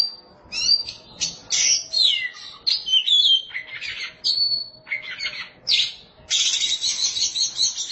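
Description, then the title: Oriental magpie-robin singing a varied, fast run of whistles, slurred notes and harsh buzzy phrases, ending in a long scratchy burst. Song of the kacer. "Suara Kicauan Burung Kacer"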